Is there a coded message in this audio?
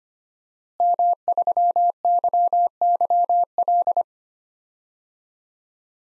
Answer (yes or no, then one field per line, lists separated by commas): yes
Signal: Morse code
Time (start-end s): 0.8-4.0 s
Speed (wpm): 25 wpm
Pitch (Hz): 700 Hz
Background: none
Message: M3YYL